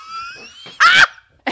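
A faint, rising whistle-like intake builds for most of a second, then a single sharp, loud burst lasting about a quarter second, with another burst starting at the very end. This is an adult woman imitating her mother's sneeze, which ends in 'a doobie doobie doo' instead of 'achoo'; not a real sneeze.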